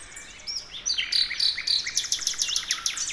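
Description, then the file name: Common nightingale singing a quick, high phrase of sharp repeated notes at a rapid, slightly uneven pace. "Luscinia megarhynchos"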